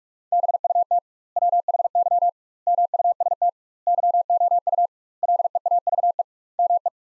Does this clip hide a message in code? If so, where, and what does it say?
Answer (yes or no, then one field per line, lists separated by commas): yes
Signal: Morse code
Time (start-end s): 0.3-6.9 s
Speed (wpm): 41 wpm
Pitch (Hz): 700 Hz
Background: none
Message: BUT WHY MUST YOU LEAVE ME